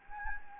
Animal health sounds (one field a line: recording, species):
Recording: mosquito wingbeat signal from an infrared sensor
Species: Anopheles gambiae